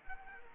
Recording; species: mosquito wingbeat signal from an infrared sensor; Culex quinquefasciatus